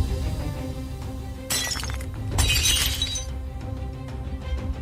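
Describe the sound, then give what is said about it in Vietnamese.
A glass bottle cracks and bursts and a crystal ball thrown to the ground shatters: two bright crashing bursts of breaking glass in quick succession, followed by scattered tinkling fragments over a low, steady rumble, with no voices. “Đúng vào lúc cái chai thủy tinh kêu lên một tiếng tách, ở trên thân chai xuất hiện những vết rạn nứt, rồi cả cái chai vỡ tung.”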